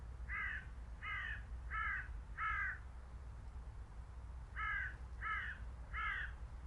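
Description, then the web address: Bird calls, harsh cawing notes in two series, four then three, about 0.7 seconds apart, over a steady low rumble. "Deverinetal 2025 File origin Bird Only"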